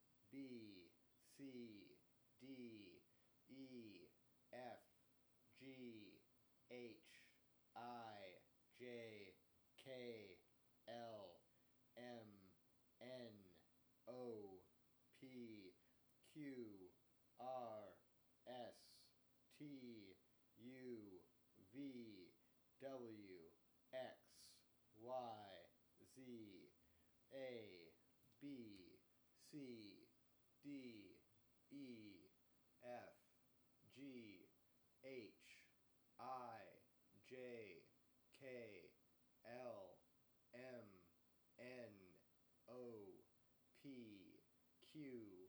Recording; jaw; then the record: letters of the alphabet, spoken; free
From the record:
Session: first day, before the bite bar